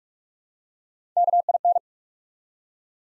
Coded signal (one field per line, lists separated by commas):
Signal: Morse code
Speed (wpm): 44 wpm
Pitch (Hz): 700 Hz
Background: none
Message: KIN